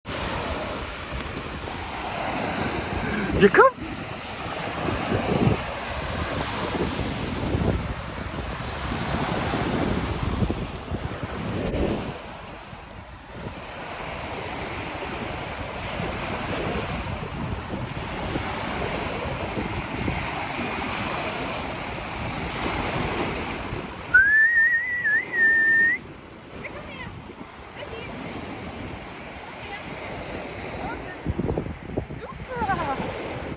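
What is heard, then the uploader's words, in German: A beach with a small dog: surf and wind rumble steadily throughout, dense and low, with gusty swells. A sharp knock comes near 4 seconds, and around 24 to 26 seconds a short rising, whistling squeak or whine stands out above the rush. Mit unserem kleinen Hund am Strand.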